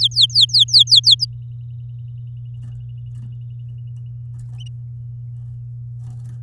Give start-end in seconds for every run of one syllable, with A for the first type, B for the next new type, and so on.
0.01-1.25 A